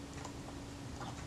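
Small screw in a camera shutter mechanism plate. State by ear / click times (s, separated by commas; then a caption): stripped / none. A screwdriver turns a small screw into the metal mechanism plate of the shutter on a Suzuki Optical Press Van camera, making light, steady ticking with a sharper tick near 1.3 s. The screw does not seat or tighten at any point, because the thread in the plate is stripped.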